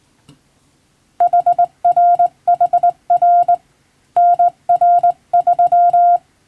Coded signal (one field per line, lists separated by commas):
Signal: Morse code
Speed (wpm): 20 wpm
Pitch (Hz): 700 Hz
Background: none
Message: HRHR NR3